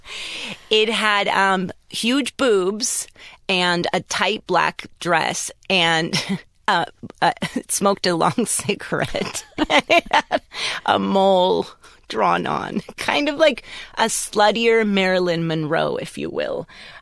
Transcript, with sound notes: It had huge boobs and a tight black dress and smoked a long cigarette. (Laughter) And it had a mole drawn on, kind of like a sluttier Marilyn Monroe, if you will.